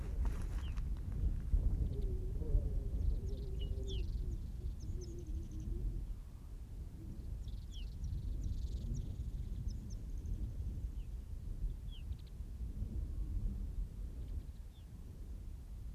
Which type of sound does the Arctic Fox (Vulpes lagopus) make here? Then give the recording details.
barking. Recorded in the wild. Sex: male. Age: adult. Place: Insel Mednyi, Kommandeur-Inseln, RU. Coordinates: 54.5167, 168.083. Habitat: tundra. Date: 1999-07-20 20:58. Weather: fair, no clouds, 10°C, weak westerly winds. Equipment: Sony TCD-D8, Sennheiser MKH 70, Windkorb. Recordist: Frommolt, Karl-Heinz. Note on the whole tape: Südosten der Insel ("Haupttal"), in der Nähe der alten Fuchshöhle: Bellstrophen des Polarfuchsrüden (Alopex lagopus) rechts Grün/Grün 68 (geb. 1997), läuft Richtung Tal. Vor der Aufnahme hatte das Tier bereits gebellt und ein Antwortbellen war zu hören. Entfernung 100 m, Tier ist zu sehen